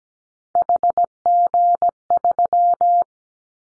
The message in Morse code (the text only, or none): HG3